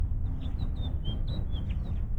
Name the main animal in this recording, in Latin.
Haemorhous mexicanus